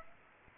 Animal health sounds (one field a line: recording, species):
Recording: mosquito wingbeat signal from an infrared sensor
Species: Aedes aegypti